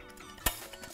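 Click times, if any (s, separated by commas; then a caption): 0.5 s. After the release tab is pulled, an aluminum STO N SHO license plate bracket is slid into the receiver on a winch-mounted roller fairlead mount until it latches. A single sharp, bright click at 0.5 s rises well above a low, steady background, followed by a few faint ticks. The bracket is seated in the fairlead-mounted receiver.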